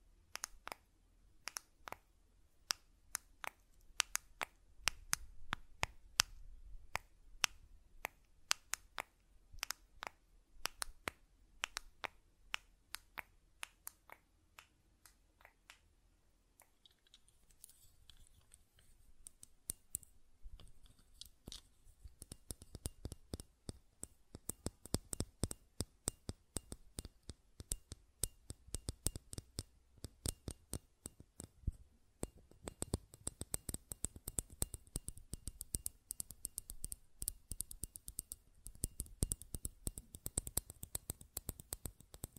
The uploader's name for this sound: Button Clicking and Tapping Sounds